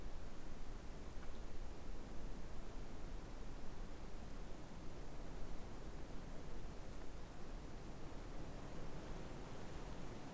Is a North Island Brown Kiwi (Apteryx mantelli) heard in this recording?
no